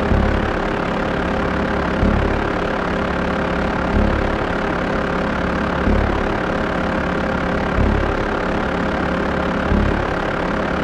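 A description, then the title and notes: Processed long-wave radio forms a dense, steady droning hum with faint tones, swelling in low thumping pulses about every two seconds. Long Waves Scan is a performance that uses a radio receiver as the only sound source. The LW frequencies are scanned in real time and sculpted using effects pedals to create an improvisation of radio material depending on the place where it is played.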